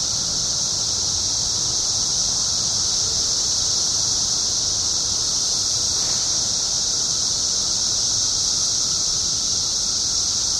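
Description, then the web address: Periodical cicadas hold a steady high-pitched droning chorus without pauses, a soft low rumble beneath. 17-year cicadas, recorded 21 June 2007 at 5:05 pm. "cicadas 6 21 07 5 ' 05 pm 17 yrcicada"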